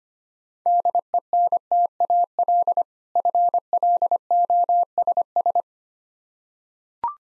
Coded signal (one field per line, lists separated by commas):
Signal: Morse code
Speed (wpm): 25 wpm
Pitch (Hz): 700 Hz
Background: none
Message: DENTAL FLOSS